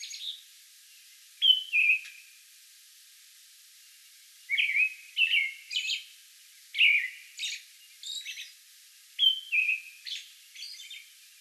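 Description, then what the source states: American robin song: paired whistled phrases, then a two-second hush before a livelier cluster of carols mixed with high, hissy squeaks. Song bout on May 11.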